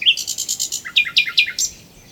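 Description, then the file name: Common nightingale phrase: a bright whistled note, a run of buzzy pulses, then several crisp descending chirps repeated evenly before fading. "Luscinia megarhynchos"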